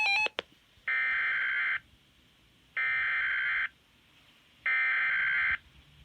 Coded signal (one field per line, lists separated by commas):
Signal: Emergency Alert System (SAME) tones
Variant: header bursts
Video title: (EAS #21) Enviroment Canada “functionality” Snowfall Warning 12-31-18